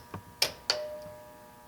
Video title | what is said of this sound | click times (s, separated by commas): Button hole-O.MPG | to step number 1 and you will hear it click into place. | 0.4 s, 0.7 s